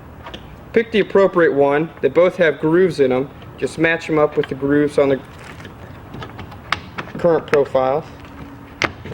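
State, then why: Seated. Someone talks while an aluminium corner connector is lined up with the grooves of the Hoklarthem Riga greenhouse rear wall window frame profiles and pushed in. A sharp snap at 6.7 s marks the connector seating in the profile.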